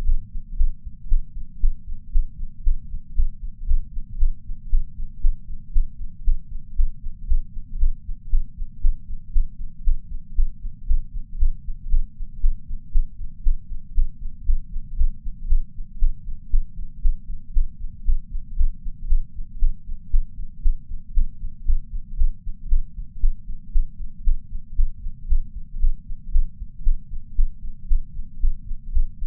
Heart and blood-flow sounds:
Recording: heart sounds by patch sensor on the chest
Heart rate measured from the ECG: 116 bpm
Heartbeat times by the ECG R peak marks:
0.04 s: heartbeat
0.56 s: heartbeat
1.08 s: heartbeat
1.59 s: heartbeat
2.11 s: heartbeat
2.62 s: heartbeat
3.14 s: heartbeat
3.65 s: heartbeat
4.17 s: heartbeat
4.69 s: heartbeat
5.21 s: heartbeat
5.72 s: heartbeat
6.23 s: heartbeat
6.75 s: heartbeat
7.26 s: heartbeat
7.78 s: heartbeat
8.29 s: heartbeat
8.81 s: heartbeat
9.32 s: heartbeat
9.83 s: heartbeat
10.34 s: heartbeat
10.86 s: heartbeat
11.37 s: heartbeat
11.89 s: heartbeat
12.40 s: heartbeat
12.91 s: heartbeat
13.42 s: heartbeat
13.94 s: heartbeat
14.45 s: heartbeat
14.96 s: heartbeat
15.47 s: heartbeat
15.98 s: heartbeat
16.50 s: heartbeat
17.01 s: heartbeat
17.52 s: heartbeat
18.04 s: heartbeat
18.55 s: heartbeat
19.07 s: heartbeat
19.59 s: heartbeat
20.10 s: heartbeat
20.61 s: heartbeat
21.13 s: heartbeat
21.64 s: heartbeat
22.16 s: heartbeat
22.68 s: heartbeat
23.20 s: heartbeat
23.71 s: heartbeat
24.23 s: heartbeat
24.75 s: heartbeat
25.27 s: heartbeat
25.79 s: heartbeat
26.31 s: heartbeat
26.83 s: heartbeat
27.35 s: heartbeat
27.87 s: heartbeat
28.39 s: heartbeat
28.91 s: heartbeat
From the record:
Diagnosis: coronary artery disease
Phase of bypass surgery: postoperative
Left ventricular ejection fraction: 71.2%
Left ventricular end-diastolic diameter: 40 mm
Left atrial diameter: 32 mm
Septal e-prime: 7.5 cm/s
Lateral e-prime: 10.9 cm/s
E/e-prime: 8.9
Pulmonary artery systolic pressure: 32 mmHg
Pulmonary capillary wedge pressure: 12 mmHg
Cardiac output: 5.45 L/min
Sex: female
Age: 65 years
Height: 153 cm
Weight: 51.5 kg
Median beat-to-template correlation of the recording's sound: 0.91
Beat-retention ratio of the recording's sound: 0.96

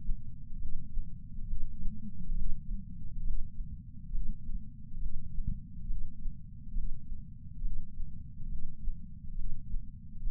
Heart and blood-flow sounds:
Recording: heart sounds by patch sensor on the chest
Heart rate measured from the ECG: 68 bpm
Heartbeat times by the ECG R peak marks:
0.58 s: heartbeat
1.46 s: heartbeat
2.34 s: heartbeat
3.23 s: heartbeat
4.11 s: heartbeat
4.98 s: heartbeat
5.87 s: heartbeat
6.74 s: heartbeat
7.62 s: heartbeat
8.48 s: heartbeat
9.35 s: heartbeat
10.23 s: heartbeat
From the record:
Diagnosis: coronary artery disease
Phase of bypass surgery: preoperative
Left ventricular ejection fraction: 52.3%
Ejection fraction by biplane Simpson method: 38%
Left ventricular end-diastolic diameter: 62 mm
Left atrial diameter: 45 mm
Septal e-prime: 4 cm/s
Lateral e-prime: 7 cm/s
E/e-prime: 12.2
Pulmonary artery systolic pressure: 24 mmHg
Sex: male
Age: 61 years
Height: 174 cm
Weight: 80 kg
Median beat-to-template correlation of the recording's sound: 0.91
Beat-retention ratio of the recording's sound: 0.97

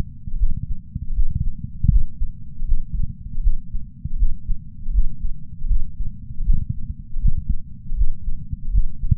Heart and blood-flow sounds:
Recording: heart sounds by patch sensor on the chest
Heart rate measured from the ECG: 79 bpm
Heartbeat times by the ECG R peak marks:
0.36 s: heartbeat
1.13 s: heartbeat
1.88 s: heartbeat
2.64 s: heartbeat
3.40 s: heartbeat
4.16 s: heartbeat
4.91 s: heartbeat
5.67 s: heartbeat
6.43 s: heartbeat
7.19 s: heartbeat
7.94 s: heartbeat
8.70 s: heartbeat
From the record:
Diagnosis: coronary artery disease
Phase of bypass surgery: postoperative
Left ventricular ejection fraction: 50.8%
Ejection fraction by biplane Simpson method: 51.6%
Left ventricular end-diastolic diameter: 50 mm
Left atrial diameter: 30 mm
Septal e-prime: 7.4 cm/s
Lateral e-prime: 7.6 cm/s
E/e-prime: 9.9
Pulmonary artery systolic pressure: 27 mmHg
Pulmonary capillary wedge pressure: 7 mmHg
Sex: male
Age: 66 years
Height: 176 cm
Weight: 74.5 kg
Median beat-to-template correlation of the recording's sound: 0.90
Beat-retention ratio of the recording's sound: 0.99

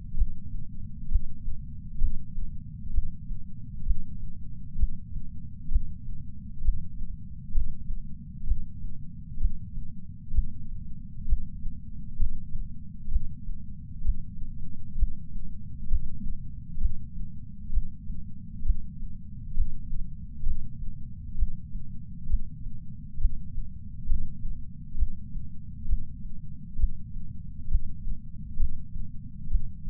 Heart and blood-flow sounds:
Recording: heart sounds by patch sensor on the chest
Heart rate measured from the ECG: 66 bpm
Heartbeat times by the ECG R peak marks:
1.10 s: heartbeat
2.00 s: heartbeat
2.93 s: heartbeat
3.85 s: heartbeat
4.78 s: heartbeat
5.70 s: heartbeat
6.63 s: heartbeat
7.54 s: heartbeat
8.46 s: heartbeat
9.39 s: heartbeat
10.33 s: heartbeat
11.27 s: heartbeat
12.18 s: heartbeat
13.10 s: heartbeat
14.04 s: heartbeat
14.97 s: heartbeat
15.90 s: heartbeat
16.80 s: heartbeat
17.72 s: heartbeat
18.64 s: heartbeat
19.56 s: heartbeat
20.45 s: heartbeat
21.37 s: heartbeat
22.28 s: heartbeat
23.19 s: heartbeat
24.08 s: heartbeat
24.97 s: heartbeat
25.87 s: heartbeat
26.78 s: heartbeat
27.70 s: heartbeat
28.59 s: heartbeat
29.49 s: heartbeat
From the record:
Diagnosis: coronary artery disease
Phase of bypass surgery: preoperative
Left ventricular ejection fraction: 65.2%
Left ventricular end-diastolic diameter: 45 mm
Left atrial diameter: 36 mm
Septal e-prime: 3.6 cm/s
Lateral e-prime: 5.4 cm/s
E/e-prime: 13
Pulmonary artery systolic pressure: 22 mmHg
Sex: female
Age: 69 years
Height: 148 cm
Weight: 51 kg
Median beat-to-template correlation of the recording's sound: 0.94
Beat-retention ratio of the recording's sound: 0.99

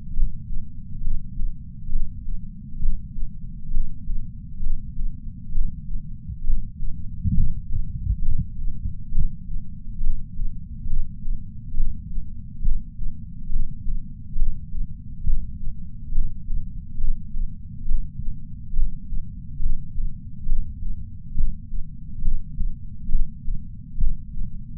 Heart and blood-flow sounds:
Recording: heart sounds by patch sensor on the chest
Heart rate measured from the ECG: 68 bpm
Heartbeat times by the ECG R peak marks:
0.13 s: heartbeat
1.00 s: heartbeat
1.89 s: heartbeat
2.79 s: heartbeat
3.70 s: heartbeat
4.60 s: heartbeat
5.51 s: heartbeat
6.43 s: heartbeat
7.33 s: heartbeat
8.22 s: heartbeat
9.11 s: heartbeat
10.00 s: heartbeat
10.86 s: heartbeat
11.74 s: heartbeat
12.62 s: heartbeat
13.49 s: heartbeat
14.35 s: heartbeat
15.23 s: heartbeat
16.11 s: heartbeat
16.97 s: heartbeat
17.85 s: heartbeat
18.73 s: heartbeat
19.59 s: heartbeat
20.46 s: heartbeat
21.34 s: heartbeat
22.21 s: heartbeat
23.08 s: heartbeat
23.97 s: heartbeat
From the record:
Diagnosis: coronary artery disease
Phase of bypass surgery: preoperative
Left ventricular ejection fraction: 64%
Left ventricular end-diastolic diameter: 46 mm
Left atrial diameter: 41 mm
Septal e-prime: 5 cm/s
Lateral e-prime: 6 cm/s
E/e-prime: 12.5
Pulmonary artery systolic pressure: 30 mmHg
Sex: male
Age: 62 years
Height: 165 cm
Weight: 72 kg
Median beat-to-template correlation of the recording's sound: 0.93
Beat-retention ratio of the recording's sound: 0.99

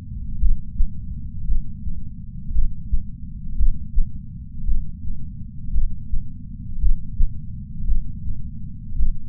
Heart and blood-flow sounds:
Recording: heart sounds by patch sensor on the chest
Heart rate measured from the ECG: 56 bpm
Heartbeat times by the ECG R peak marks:
0.40 s: heartbeat
1.46 s: heartbeat
2.53 s: heartbeat
3.57 s: heartbeat
4.66 s: heartbeat
5.72 s: heartbeat
6.80 s: heartbeat
7.86 s: heartbeat
8.97 s: heartbeat
From the record:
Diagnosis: coronary artery disease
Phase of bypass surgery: preoperative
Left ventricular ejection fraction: 63.3%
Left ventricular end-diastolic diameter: 44 mm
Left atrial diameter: 35 mm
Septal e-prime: 7 cm/s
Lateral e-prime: 10.5 cm/s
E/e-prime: 9.8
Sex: female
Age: 68 years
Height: 161 cm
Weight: 66.6 kg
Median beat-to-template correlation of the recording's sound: 0.94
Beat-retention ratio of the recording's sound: 0.99

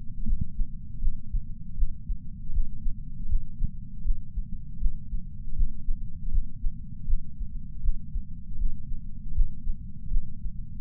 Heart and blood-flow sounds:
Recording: heart sounds by patch sensor on the chest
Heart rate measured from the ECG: 79 bpm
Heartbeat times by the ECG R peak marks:
0.25 s: heartbeat
1.01 s: heartbeat
1.76 s: heartbeat
2.52 s: heartbeat
3.28 s: heartbeat
4.04 s: heartbeat
4.79 s: heartbeat
5.55 s: heartbeat
6.30 s: heartbeat
7.06 s: heartbeat
7.82 s: heartbeat
8.58 s: heartbeat
9.34 s: heartbeat
10.10 s: heartbeat
From the record:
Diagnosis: coronary artery disease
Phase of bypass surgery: postoperative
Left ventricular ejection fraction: 62.4%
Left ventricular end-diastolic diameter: 42 mm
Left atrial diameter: 36 mm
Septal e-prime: 5.8 cm/s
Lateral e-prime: 9.2 cm/s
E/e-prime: 7.3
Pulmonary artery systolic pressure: 36 mmHg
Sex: male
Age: 59 years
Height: 162 cm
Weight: 60 kg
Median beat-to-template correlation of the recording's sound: 0.83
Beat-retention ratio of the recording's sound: 0.99

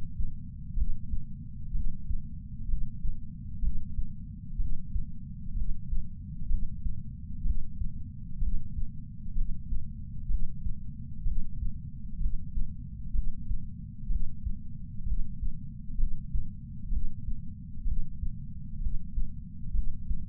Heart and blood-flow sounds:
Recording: heart sounds by patch sensor on the chest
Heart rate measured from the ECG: 63 bpm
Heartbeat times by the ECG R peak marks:
0.75 s: heartbeat
1.72 s: heartbeat
2.67 s: heartbeat
3.61 s: heartbeat
4.57 s: heartbeat
5.54 s: heartbeat
6.48 s: heartbeat
7.43 s: heartbeat
8.40 s: heartbeat
9.34 s: heartbeat
10.28 s: heartbeat
11.24 s: heartbeat
12.19 s: heartbeat
13.12 s: heartbeat
14.08 s: heartbeat
15.04 s: heartbeat
15.97 s: heartbeat
16.90 s: heartbeat
17.84 s: heartbeat
18.79 s: heartbeat
19.72 s: heartbeat
From the record:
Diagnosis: coronary artery disease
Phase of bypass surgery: preoperative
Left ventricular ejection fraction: 47%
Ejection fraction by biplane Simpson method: 47.3%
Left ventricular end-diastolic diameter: 51 mm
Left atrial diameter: 32 mm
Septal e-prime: 4.7 cm/s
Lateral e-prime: 7 cm/s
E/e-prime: 9.1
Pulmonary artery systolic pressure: 21 mmHg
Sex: male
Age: 60 years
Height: 174 cm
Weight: 72 kg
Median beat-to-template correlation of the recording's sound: 0.91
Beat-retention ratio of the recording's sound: 0.98

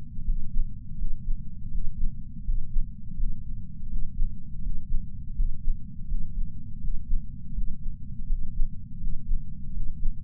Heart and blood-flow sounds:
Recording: heart sounds by patch sensor on the chest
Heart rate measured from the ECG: 82 bpm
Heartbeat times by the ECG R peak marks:
0.23 s: heartbeat
0.97 s: heartbeat
1.70 s: heartbeat
2.43 s: heartbeat
3.16 s: heartbeat
3.88 s: heartbeat
4.61 s: heartbeat
5.34 s: heartbeat
6.07 s: heartbeat
6.80 s: heartbeat
7.53 s: heartbeat
8.26 s: heartbeat
8.98 s: heartbeat
9.72 s: heartbeat
From the record:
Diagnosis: coronary artery disease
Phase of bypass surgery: postoperative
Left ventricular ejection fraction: 59.1%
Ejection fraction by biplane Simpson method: 55%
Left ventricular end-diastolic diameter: 46 mm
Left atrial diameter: 34 mm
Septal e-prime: 8 cm/s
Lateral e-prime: 6.5 cm/s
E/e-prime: 8.7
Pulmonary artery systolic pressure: 22 mmHg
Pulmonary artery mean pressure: 11 mmHg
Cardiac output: 4.38 L/min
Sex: male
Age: 58 years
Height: 160 cm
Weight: 70 kg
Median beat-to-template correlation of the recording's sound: 0.85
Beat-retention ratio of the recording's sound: 0.99

